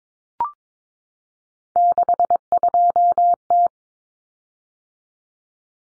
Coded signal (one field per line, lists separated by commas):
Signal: Morse code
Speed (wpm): 22 wpm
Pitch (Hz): 700 Hz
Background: none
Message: 62T